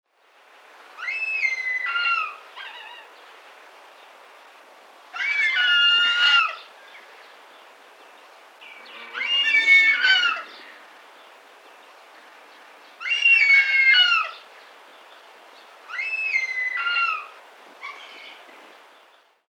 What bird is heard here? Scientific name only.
Circaetus gallicus